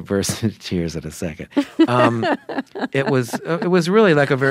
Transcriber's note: laughter